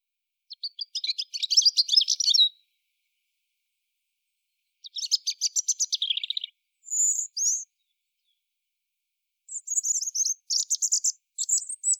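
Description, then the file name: European robin song: several phrases of very high, rapid twittering trills and thin whistled notes, separated by pauses. "Erithacus rubecula"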